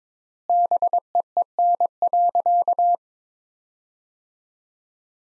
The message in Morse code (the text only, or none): BEEN.